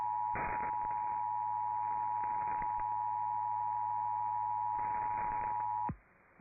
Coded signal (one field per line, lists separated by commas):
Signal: Emergency Alert System (SAME) tones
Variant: 853 and 960 Hz attention tone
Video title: TWO DAYS LATER: MORE STORMS IN THE DFW AREA... EAS Alerts from 12/26/24 (EAS #5,305 - 5,339)